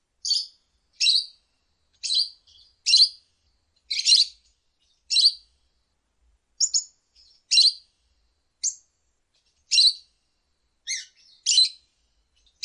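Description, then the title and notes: Lovebird giving sharp, high chirps repeated about once a second in a fairly steady series. Ngekek song style of a lovebird, used as a bait song (kicau pancingan) to prompt other lovebirds to sing. "suara Master Kicau Lovebird ngekek, kicau pancingan"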